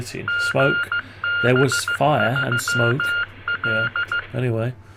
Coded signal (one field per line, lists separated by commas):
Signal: Morse code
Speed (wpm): 15 wpm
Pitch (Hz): 1410 Hz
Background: speech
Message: GB3L